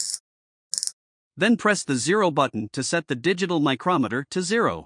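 The thimble of a digital micrometer is turned to fully close the spindle onto the anvil. A short high-pitched burst comes first, then the ratchet slips at closing force with a rapid series of small clicks at 0.7, 0.8 and 0.9 seconds. After that, someone talks.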